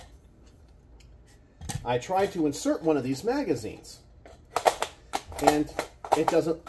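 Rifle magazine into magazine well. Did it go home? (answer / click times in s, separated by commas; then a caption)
no / none. Someone talks, then pushes an unaltered metal magazine into the magazine well of a B&T APR 8.6S rifle in 8.6 Blk, making short metallic knocks and scrapes around 4.6 to 5.2 seconds. The magazine does not lock in because it lacks the slit the magazine catch engages, and nothing has clicked.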